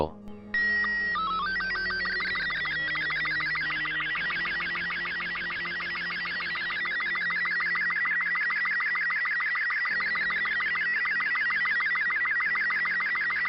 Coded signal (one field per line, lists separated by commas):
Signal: SSTV (slow-scan television)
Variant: Robot 36